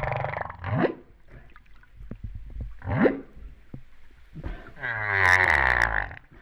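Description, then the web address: Humpback whale sounds: quick rising upsweeps and short grunts, ending in a bright harmonic moan with rippling overtones. Recorded off Réunion on 13 September 2011, about 08:35. "autres sons cetaces BB Reunion 13-09-2011"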